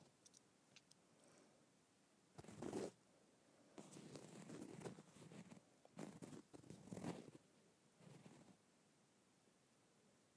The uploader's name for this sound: Scraping my Leather Bag